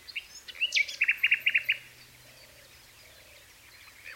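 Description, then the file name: Common nightingale song: a short phrase of rich, rapidly repeated chirping notes around mid-high pitch, followed by quiet; faint low hum in the background. "Luscinia megarhynchos"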